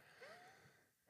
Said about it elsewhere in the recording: Did you hear that little wheeze? I had a little wheeze in me.